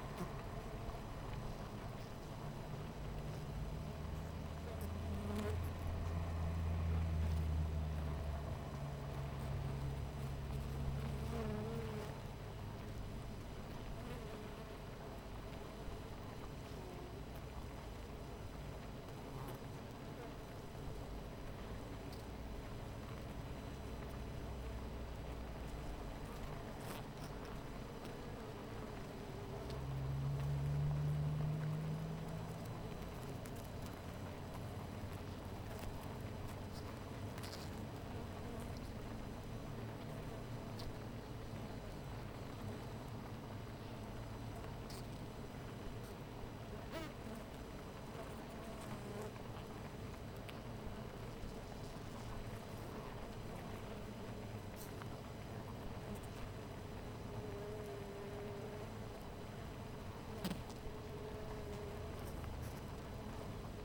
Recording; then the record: honeybee colony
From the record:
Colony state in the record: missing queen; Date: 14 July 2017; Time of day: 12:47